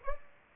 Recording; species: mosquito wingbeat signal from an infrared sensor; Aedes aegypti